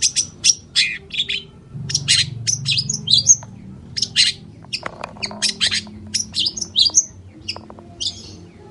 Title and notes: Cendet Gacor Dor Di Kala Pagi Toet Toet Variasi Suara. PANCINGAN CENDET MALAS BUNYI CENDET MACET CENDET STRESS. Burung cendet